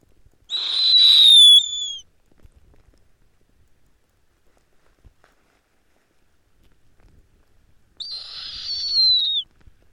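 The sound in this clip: Snowy owl producing two loud, harsh, hissing screeches several seconds apart, each ending with a falling whistled tail.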